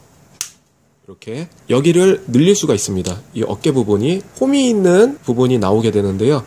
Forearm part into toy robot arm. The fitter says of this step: 주시면 딱 소리가 나면서 들어가요 요 부분이 좀 빡빡한 데요 쑥 넣으시면 되는거예요 박소리 날 때까지